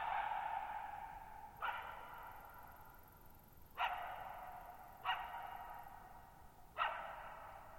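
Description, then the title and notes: Coyote calling with sharp barks that trail into long echoing tails, several outbursts spaced a second or two apart over a quiet background. Lone coyote at night, July 14, 2019, Thirtymile Meadows, Okanogan National Forest (Okanogan High Country), Pacific Northwest, 6400 ft; high, mostly dry plateau among tall mountains; shallow bowl-shaped meadows over boggy ground. "Lone Coyote at Thirtymile Meadows. I spent the night of July 14, 2019, camped near Thirtymile Meadows in the Okanogan National Forest at 6400 ft (1950 m)"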